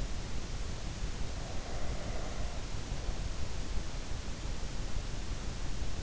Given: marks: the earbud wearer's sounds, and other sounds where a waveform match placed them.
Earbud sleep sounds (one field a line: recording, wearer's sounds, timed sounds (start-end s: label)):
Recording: sounds in sleep by an in-ear microphone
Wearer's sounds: breath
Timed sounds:
1.29-3.68 s: breath